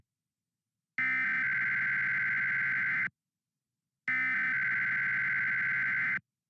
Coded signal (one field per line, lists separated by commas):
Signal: Emergency Alert System (SAME) tones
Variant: header bursts